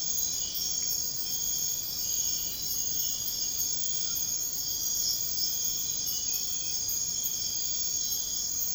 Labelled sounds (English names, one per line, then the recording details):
none
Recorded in pastures near Puerto Asís, Putumayo, Colombia, on 13 March 2025 at 02:30
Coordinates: 0.502, -76.324
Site GP07